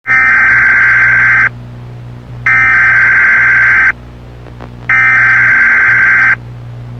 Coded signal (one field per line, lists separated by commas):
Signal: Emergency Alert System (SAME) tones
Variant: header bursts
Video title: Glitch_Clown.EAS_tape